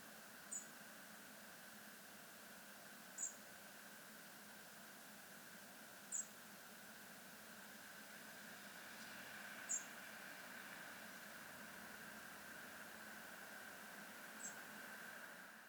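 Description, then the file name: European robin giving thin, very high single call notes every few seconds, five in all, over steady background noise. "Erithacus rubecula"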